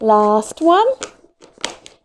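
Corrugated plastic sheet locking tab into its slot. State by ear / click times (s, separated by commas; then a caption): seated / 1.7 s. Someone talks, then the last locking tab of a folded corrugated plastic (coroplast) cage base is fed from the outside in through its slot and pulled all the way. A soft rustle of plastic is followed by a sharp click at 1.6 s as the tab locks into the slot, seating it.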